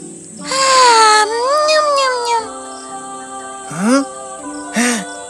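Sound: baby crying sound effect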